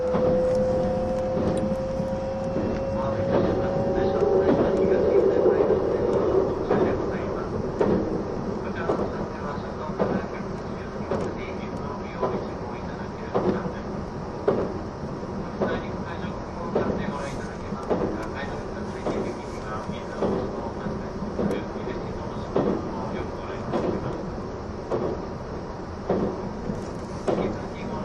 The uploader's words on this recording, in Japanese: E261系 S踊り子01号02 熱海～伊豆急下田。伊豆への新たなフラッグシップトレインとなる、E261系S踊り子01号を収録したものです。走行音。